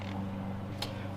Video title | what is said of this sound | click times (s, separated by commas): MINI Cooper Oil Change! (Roadster R59) DIY How-To | All right, and we just push it in, it snaps into place. | 0.8 s